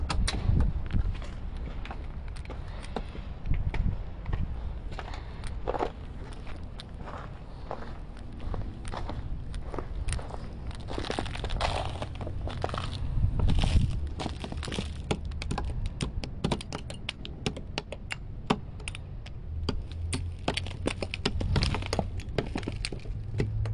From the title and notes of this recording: Winter in the city. Scraping ice from windshield, knocking icicles from my bumper, crunching snow under my feet, slight city sounds and more.